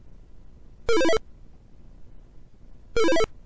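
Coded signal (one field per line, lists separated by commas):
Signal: none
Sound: retro game jingle beeps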